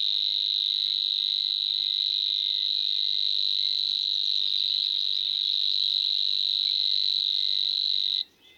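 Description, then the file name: Savi's warbler song, a steady high mechanical reeling buzz held without a break for about eight seconds before stopping abruptly. "Snor"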